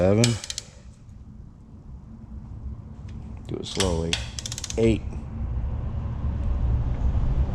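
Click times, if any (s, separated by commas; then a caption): none. A click-type torque wrench is pulled slowly on a bolt during engine reassembly for a camshaft replacement on a 1964 VW Single Cab, while someone talks and counts. Only faint ratcheting ticks and low background rumble are heard. The wrench has not clicked yet, so the bolt has not reached the 18 setting and must be pulled again.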